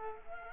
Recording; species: mosquito wingbeat signal from an infrared sensor; Culex quinquefasciatus